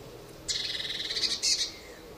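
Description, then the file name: Eurasian blue tit gives a softer pulsed buzzy churr, ending in a short, sharper burst. "Cyanistes caeruleus"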